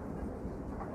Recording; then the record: background sound without coughing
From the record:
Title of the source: Train Ride Ambience ambient white noise for sleeping, focus, studying, reading